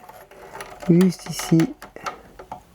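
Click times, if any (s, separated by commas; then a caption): 2.5 s. A plastic rear suspension cylinder half-moon part for a Citroën DS19 model car is set on two small pins and clipped into place on the model's chassis. Someone talks, then a few small clicks and taps follow. The part clips into place at 2.5 s.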